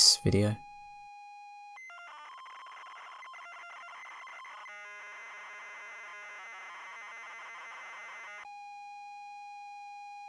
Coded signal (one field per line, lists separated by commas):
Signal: ZX Spectrum tape loading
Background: speech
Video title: Games I've got - Kwik Snax - ZX Spectrum+ 128